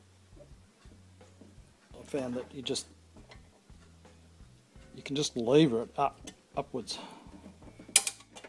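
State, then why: Released. Someone talks while the plastic retaining ring that holds the headlamp on a Mercedes W639 Vito/Viano van's headlamp mounting, secured by small tags, is levered upwards. Sharp clicks sound at 8.0 s and 8.1 s as the ring lifts and is released, over a steady low hum.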